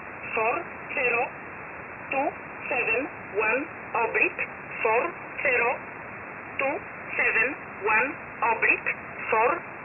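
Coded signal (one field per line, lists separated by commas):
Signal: numbers station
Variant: E11 Oblique, English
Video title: 10 11 2021 Number station E11 Oblique in English to Eu 0930 on 7469 unknown tx site in USB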